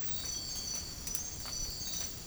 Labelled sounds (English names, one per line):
none